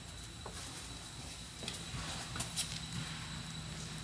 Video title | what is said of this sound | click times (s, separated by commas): 5th wheel orientation video | it does latch with a latch | 1.7 s